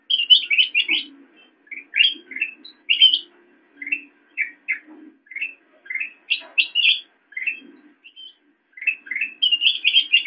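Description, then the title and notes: Sooty-headed bulbul chattering with quick, bubbly chirps and higher clipped notes, accompanied by a faint low droning hum. Tutor song (masteran) for training songbirds. "suara burung kutilang buat masteran"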